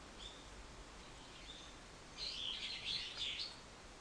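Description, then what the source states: Bird with a faint chirp early on, then a lively run of high twittering notes in the second half. Recorded 24 March 2023.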